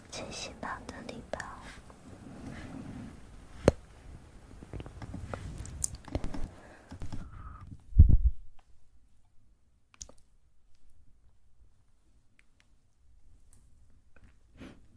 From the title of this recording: ASMR Fast Mouth Sounds